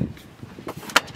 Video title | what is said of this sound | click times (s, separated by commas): The Nuna Pipa Lite R Carseat Review and installation | hear two clicks and that's | 1.0 s